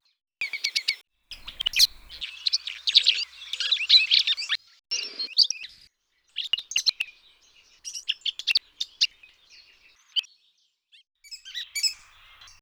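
Bird song of rapid, varied high chirps and trills delivered in dense bursts, broken by short pauses and scattered sharp clicks.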